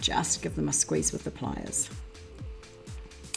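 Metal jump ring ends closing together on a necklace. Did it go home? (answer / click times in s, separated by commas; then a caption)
yes / 3.3 s. A metal jump ring on a necklace, not quite closed, is squeezed shut with pliers while someone talks over background music. The ring's ends meet with a sharp click at 3.3 s, and the ring pops into place, closed.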